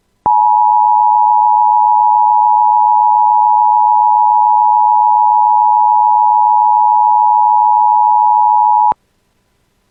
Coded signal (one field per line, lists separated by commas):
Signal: Emergency Alert System (SAME) tones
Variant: 853 and 960 Hz attention tone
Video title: [EAS] Severe Thunderstorm Warning for the Bemidji Area (8/7/26)